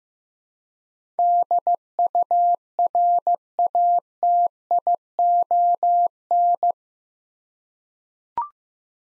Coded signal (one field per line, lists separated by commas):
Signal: Morse code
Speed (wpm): 15 wpm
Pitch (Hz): 700 Hz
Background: none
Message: DURATION